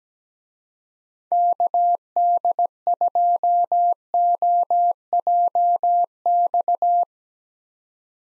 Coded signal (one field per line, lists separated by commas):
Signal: Morse code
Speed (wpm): 17 wpm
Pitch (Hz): 700 Hz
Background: none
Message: KD2OJX